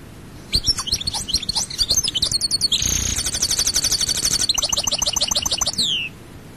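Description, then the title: European goldfinch delivering one sustained song of quick chirps, a rasping buzzy stretch and sparkling trills, finishing with a drawn-out downward slur. "Chant Chardonneret"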